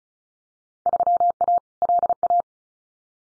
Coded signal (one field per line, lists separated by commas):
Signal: Morse code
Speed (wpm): 34 wpm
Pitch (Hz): 700 Hz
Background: none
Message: 3A LA